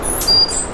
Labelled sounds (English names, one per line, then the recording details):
Stitchbird song
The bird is a male
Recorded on Tiritiri Matangi Island, New Zealand, in 2005
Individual 9, of nest box 11